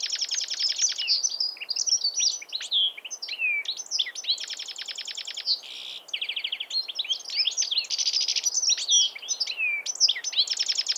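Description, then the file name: European Goldfinch song: long, unbroken, rapid twittering of liquid chirps, dry buzzy trills and slurred whistles, delivered with energy throughout. "Carduelis carduelis"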